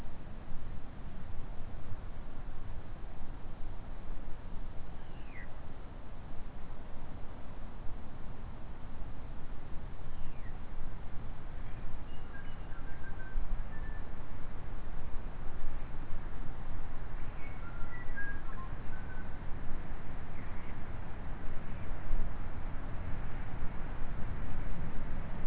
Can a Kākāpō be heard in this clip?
no